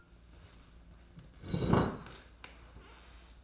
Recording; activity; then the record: daily activity, microphone in the room; sit down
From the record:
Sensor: 2